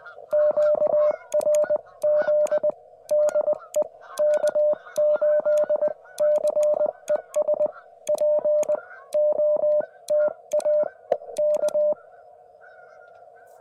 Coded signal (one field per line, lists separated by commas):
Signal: Morse code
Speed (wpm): 21 wpm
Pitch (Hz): 590 Hz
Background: radio noise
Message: QRZ DE K8CES POTA K